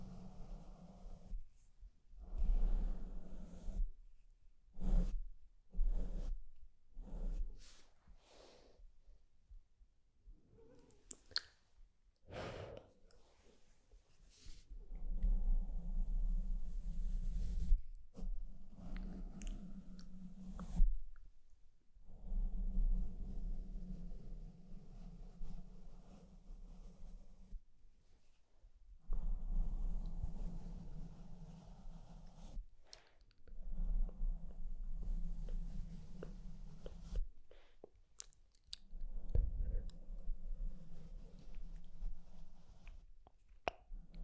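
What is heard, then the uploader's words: Rough scratching and rubbing against a microphone, coming in bursts with a low rumbling hum and sharp clicks between quieter gaps. BRAIN TINGLES PINCHING SCRATCHING FOR SLEEP and RELAXATION ASMR.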